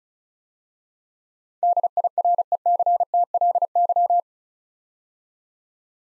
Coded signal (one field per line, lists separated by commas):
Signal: Morse code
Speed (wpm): 36 wpm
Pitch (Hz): 700 Hz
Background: none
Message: DIRECTLY